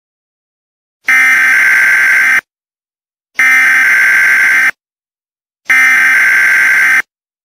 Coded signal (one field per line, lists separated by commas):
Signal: Emergency Alert System (SAME) tones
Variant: header bursts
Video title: Trash EAS mock!